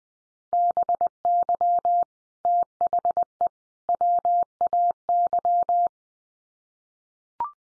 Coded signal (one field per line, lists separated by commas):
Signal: Morse code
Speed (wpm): 20 wpm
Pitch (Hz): 700 Hz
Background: none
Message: BY THE WAY